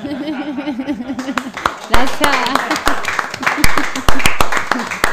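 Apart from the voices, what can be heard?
audience applause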